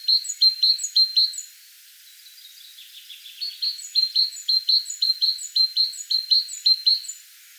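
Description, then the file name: Great tit calls, sharp repeated high notes in quick series, a pause with softer notes, then a longer rapid run of similar notes. "Parus major"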